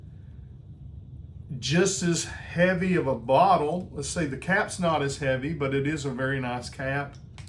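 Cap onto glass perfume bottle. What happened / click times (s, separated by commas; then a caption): Handled, not yet home: the cap has not clicked into place / none. Someone talks while handling the cap of an Aether Extrait perfume by French Avenue (Fragrance World), bringing it back toward its heavy glass bottle. The cap has not yet clicked or seated onto the bottle by the end of the clip.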